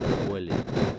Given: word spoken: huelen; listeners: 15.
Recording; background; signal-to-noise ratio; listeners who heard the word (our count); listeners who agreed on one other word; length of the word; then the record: one Spanish word in noise, from a listening test; noise modulated by three-talker babble; -5.1 dB; 1 of 15; 8 of 15; 0.60 s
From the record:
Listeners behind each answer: 8, 3, 1, 1, 1, 1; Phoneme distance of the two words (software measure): 7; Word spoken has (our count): 2 syllables, 5 phonemes, stress on syllable 1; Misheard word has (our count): 2 syllables, 4 phonemes, stress on syllable 1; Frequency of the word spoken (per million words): 2.08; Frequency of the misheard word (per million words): 8.73